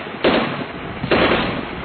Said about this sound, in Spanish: Una bala acaba de atravesar mi cara. Llevo 2 semanas y 1 hora aquí en Palestina.